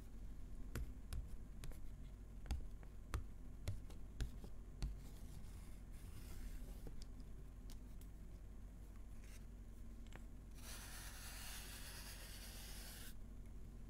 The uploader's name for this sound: tapping, whispering, folding